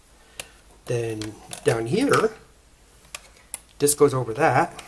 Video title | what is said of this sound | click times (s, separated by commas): RGC: Super Controller Keypad Repair | locks in place | 0.4 s